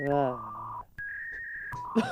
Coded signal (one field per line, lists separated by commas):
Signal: fax machine handshake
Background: speech